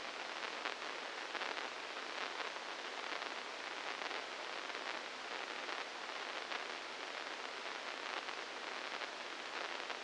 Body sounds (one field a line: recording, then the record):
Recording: brain microelectrode recording played as sound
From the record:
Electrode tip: inside the subthalamic nucleus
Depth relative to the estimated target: -1 mm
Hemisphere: left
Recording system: NeuroSet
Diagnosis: Parkinson's disease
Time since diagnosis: 15 years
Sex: female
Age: 59 years